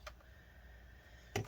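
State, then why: Not seated. A plastic hinge cover on the base of a Lenovo Edge 2-1580 laptop is pressed into place over the antenna wire. A faint tick is heard near the start, then quiet, then two sharp plastic snaps at the end. One side will not click into place, possibly because the wire underneath is not sitting right, so nothing has seated or clicked yet.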